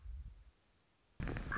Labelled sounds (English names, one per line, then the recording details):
Common Raven
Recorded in Sonoma County, California